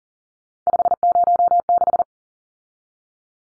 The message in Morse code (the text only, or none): 506